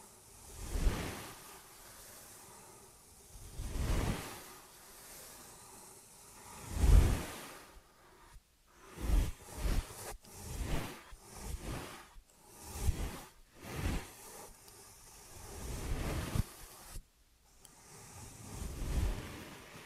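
Ear and scalp massage and cleaning: repeated soft rubbing swooshes and brushing strokes, faster and choppier after eight seconds, with brief pauses.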